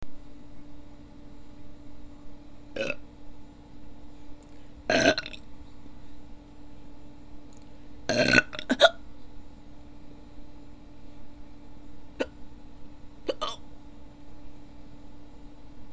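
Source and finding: Adult. Hiccups.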